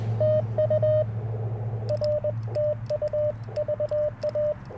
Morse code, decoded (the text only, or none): TU R TU VA